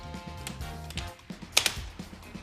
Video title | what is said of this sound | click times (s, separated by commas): Tilta Armor Man 3.0 Tutorial - FABT | it clicks take your pin from the inside out | 1.6 s